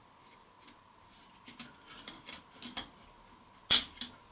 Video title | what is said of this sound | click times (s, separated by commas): GOOSKY RS4 LEGEND BUILD PART 3 | but there you go. So snapped into place, | 3.7 s